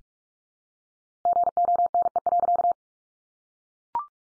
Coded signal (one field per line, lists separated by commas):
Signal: Morse code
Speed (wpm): 44 wpm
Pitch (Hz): 700 Hz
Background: none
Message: GONE.